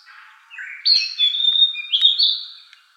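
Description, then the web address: Narcissus flycatcher song: a rising whistled phrase followed by warbling notes, with faint clicks in the background. Recorded 13 May 2014. "birdenaga kibitaki S 140513"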